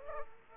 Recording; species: mosquito wingbeat signal from an infrared sensor; Aedes aegypti